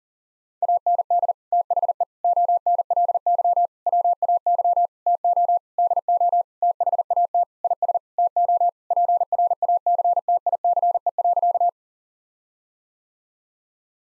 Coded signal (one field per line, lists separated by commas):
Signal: Morse code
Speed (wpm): 40 wpm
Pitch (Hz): 700 Hz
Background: none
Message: AND THE ONLY WAY TO DO THAT IS TO PRACTICE.